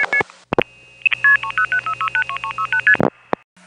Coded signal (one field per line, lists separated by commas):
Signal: multi-frequency trunk signalling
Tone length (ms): 80 ms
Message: 30636ST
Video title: Operator Roulette 5 — Electromechanical Telephone Sounds from the 1970's — 5 Hours - Single Track!